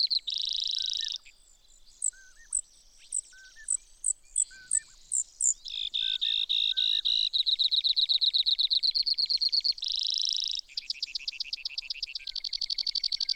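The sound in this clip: Brewer's sparrow song, a long high run of buzzy trills and rapid chip series changing speed and pitch, with soft low slurred notes repeated underneath.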